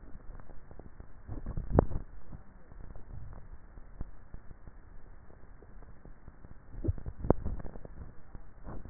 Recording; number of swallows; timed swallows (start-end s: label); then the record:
swallowing sounds by neck microphone; 2
1.42-2.28 s: swallow
6.85-7.72 s: swallow
From the record:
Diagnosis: dysphagia